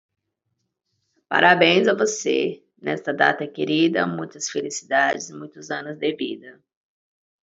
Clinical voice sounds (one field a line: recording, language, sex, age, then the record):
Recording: short text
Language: Brazilian Portuguese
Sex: female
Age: 30 to 39 years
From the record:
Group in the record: control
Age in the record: 38 years